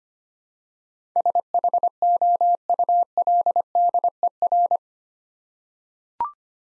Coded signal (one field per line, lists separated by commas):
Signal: Morse code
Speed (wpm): 25 wpm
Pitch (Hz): 700 Hz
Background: none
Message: SHOULDER